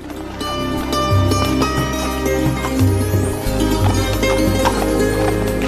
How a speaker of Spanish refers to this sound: y abatido por su fracaso, montó en su caballo y regresó.